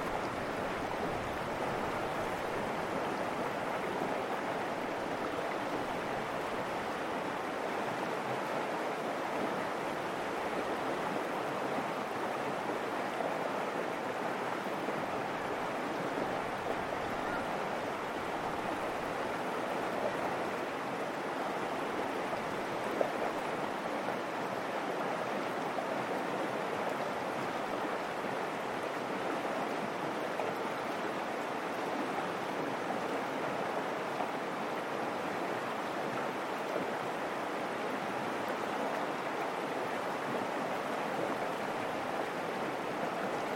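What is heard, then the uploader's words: A river rushes steadily through a canyon, a dense, unbroken hiss and churn of moving water that holds the same level for the whole stretch. The sound is mid-range and full rather than deep, and even, with no distinct events standing out. 11 Mile Canyon River.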